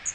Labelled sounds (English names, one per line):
Magnolia Warbler flight call